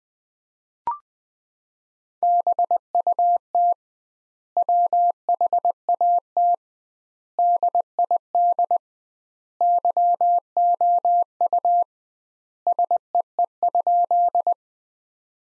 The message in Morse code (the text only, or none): BUT WHAT DID YOU SEE?